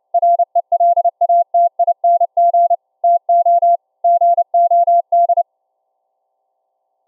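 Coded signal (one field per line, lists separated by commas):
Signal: Morse code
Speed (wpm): 30 wpm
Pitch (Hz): 690 Hz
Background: none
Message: RELATING TO GOD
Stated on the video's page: 2.6kHz CW from a Raspberry Pi headphone jack into a ferrite rod loop, received by laptop SDR on another loop and converted to 690Hz audio; through-the-earth test.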